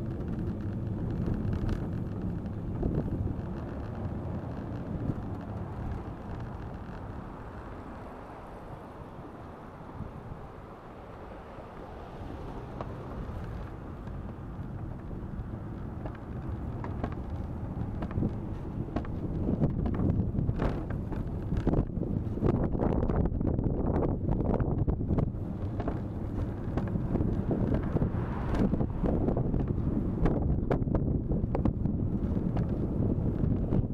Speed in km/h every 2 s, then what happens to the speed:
18, 16, 10, 0, 0, 0, 10, 13, 16, 18, 19, 19, 20, 22, 22, 23, 24.
0-6 slows to 0. 6-10 standing. 10-16 pulls away to 16. 16-34 steady at about 20.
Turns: none.